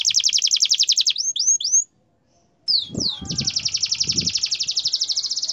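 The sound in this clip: Bird giving a fast buzzy trill, a few slurred notes, a short pause, then a long high rapid trill, with low thuds briefly underneath.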